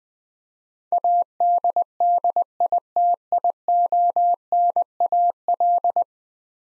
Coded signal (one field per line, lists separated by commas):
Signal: Morse code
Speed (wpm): 20 wpm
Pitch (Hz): 700 Hz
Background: none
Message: ADDITIONAL